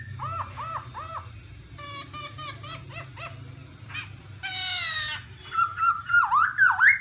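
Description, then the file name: Black-throated laughingthrush song with arched whistled notes, a stuttering chatter, a harsh nasal burst and rising, warbled whistles at the end, over a low hum. "tieng khuou bac ma hot"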